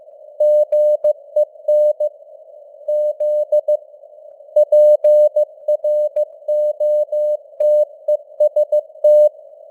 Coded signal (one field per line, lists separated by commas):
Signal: Morse code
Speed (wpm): 15 wpm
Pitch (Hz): 600 Hz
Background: none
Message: GEN Z PROTEST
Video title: Morse Code News | 2025-10-14 | 15wpm